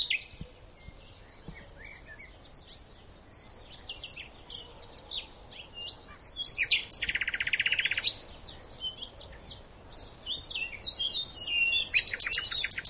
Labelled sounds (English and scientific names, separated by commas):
Common Nightingale (Luscinia megarhynchos) song